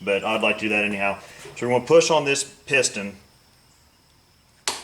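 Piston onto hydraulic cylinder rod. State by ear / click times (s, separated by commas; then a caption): seated / 4.7 s. Someone talks, then a hydraulic cylinder piston for a Kubota MX5000 LA852 loader is pushed onto the rod end and snaps on with a sharp click at 4.7 seconds, sealing on the rod. Pressure has to be held on it or it pops back off.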